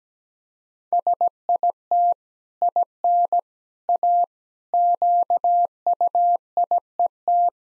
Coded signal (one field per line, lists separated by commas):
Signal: Morse code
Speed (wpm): 17 wpm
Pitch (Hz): 700 Hz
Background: none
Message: SIT IN A QUIET